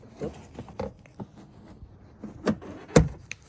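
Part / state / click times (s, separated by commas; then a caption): plastic engine-bay part (likely the washer reservoir filler neck) into its mount / seated / 3.0 s, 3.3 s. After a headlight bulb change on a 2006–2011 Honda Civic, a plastic engine-bay part, likely the washer reservoir filler neck, is slid back into its mount. Soft plastic knocks and rustling come first, then a sharp snap at 3.0 s and a brief click at 3.3 s. The part seats in place.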